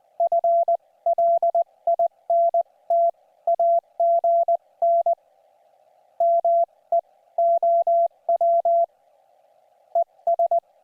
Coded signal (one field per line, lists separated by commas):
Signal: Morse code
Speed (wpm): 20 wpm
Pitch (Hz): 680 Hz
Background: none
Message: FLINT AGN MEOW ES